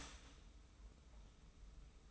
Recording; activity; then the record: daily activity, microphone in the room; start toaster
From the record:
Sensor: 1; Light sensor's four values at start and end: 27/63/27/29 and 27/63/27/29